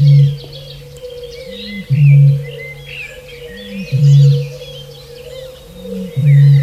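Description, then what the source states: Eurasian bittern booming, deep hollow booms repeated about every two seconds, each preceded by a short intake note, with small birds chirping in the background. Booming call likened to blowing into an empty glass bottle; piercing and carrying over long distances; linked with many legends.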